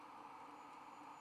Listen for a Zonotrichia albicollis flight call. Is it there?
no